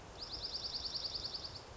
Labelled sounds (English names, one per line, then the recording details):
Dark-eyed Junco
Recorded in Sonoma County, California